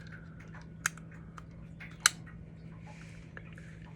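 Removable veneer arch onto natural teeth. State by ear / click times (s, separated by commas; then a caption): seated / 0.9 s, 2.1 s. An upper set of removable plastic veneers is pressed over natural teeth, giving two sharp snaps at 0.9 s and 2.1 s above a steady low hum and faint soft handling noises. The veneers snap into place and are seated.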